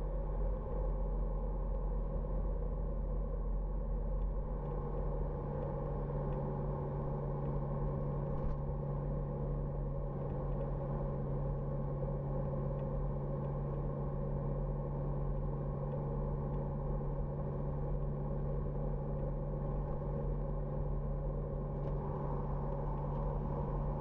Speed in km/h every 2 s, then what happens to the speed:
93, 93, 93, 90, 90, 89, 88, 89, 90, 90, 90, 90.
0-24 steady at about 90.